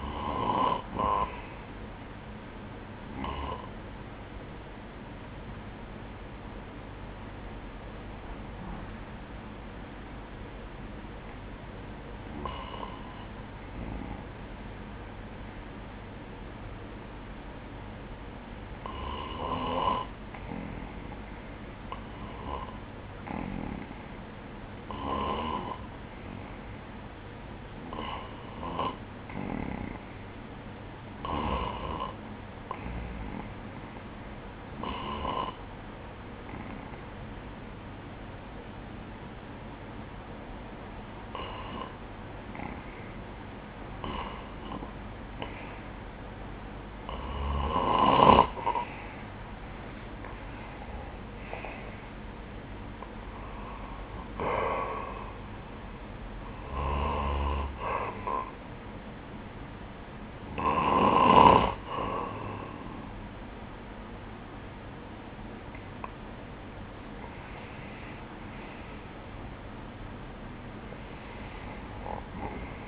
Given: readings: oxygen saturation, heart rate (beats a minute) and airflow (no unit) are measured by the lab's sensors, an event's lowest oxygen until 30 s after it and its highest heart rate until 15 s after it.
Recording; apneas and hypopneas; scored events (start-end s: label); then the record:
breathing in sleep by a voice recorder at the bedside; 2
3.00-20.10 s: hypopnea (REM, oxygen 96% highest, then 92% lowest, heart rate 70 at the start, 72 highest)
54.00-68.30 s: hypopnea (REM, oxygen 94% highest, then 93% lowest, heart rate 81 at the start, 81 highest)
From the record:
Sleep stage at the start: REM sleep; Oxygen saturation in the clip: 91 to 96%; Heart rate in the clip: 62 to 81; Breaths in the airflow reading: 18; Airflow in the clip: -13.5 to 13.7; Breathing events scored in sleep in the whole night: 180 in 6.7 hours asleep